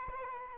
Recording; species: mosquito wingbeat signal from an infrared sensor; Aedes albopictus